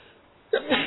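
A single sneeze bursts out of near-silence: a sharp intake-like onset followed by a louder, breathy blast that trails off quickly, with no talking around it.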